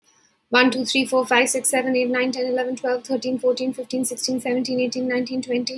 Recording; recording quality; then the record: counting at a fast pace; excellent, no background noise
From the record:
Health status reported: healthy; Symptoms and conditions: none ticked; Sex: female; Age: 35 years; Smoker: not ticked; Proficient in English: yes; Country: India